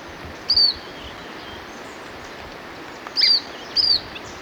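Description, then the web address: Lemon-browed flycatcher gives short, high notes, one single and then a close pair, over constant rushing background noise. Ecuador. "Natures Songs S America Birds of Ecuador. Lemon-Browed Flycatcher"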